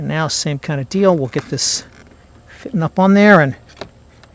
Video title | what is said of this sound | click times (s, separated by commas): 1997 - 2001 Toyota Camry Loose Door Window Garnish Molding (Corner Cover) Repair (Front & Rear) | push it in till it clicks. And now she's held on the way she's supposed to. | 3.8 s